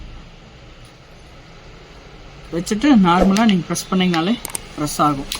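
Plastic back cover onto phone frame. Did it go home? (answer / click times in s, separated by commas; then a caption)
no / none. A plastic back cover is lined up over a phone frame with the side button strip aligned first, ready to be pressed home. A low, steady background hiss runs throughout, and someone talks from about 2.5 s to the end. Nothing has clicked or seated yet.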